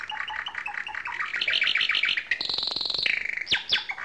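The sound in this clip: Finch song: a rapid run of bright chirps, then a sustained higher trill and a few sharp sweeping notes.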